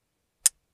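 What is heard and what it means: A small flipper folding knife is flicked open, and its blade snaps into the locked position in the handle with one loud, sharp click at 0.5 s. The click is a bright, brief snap with most of its energy in the high frequencies. Otherwise the clip is silent, and the blade is confirmed locked open.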